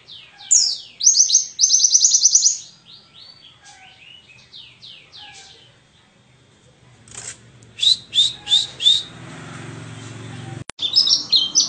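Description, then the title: White-eye song: a fast high trill, then scattered descending chirps, later a few loud sharp notes over a low rumble. Forest-type white-eye song, used as tutoring material for training cage songbirds. "mster Mnuk. Pleci ngalas isian untuk masteran"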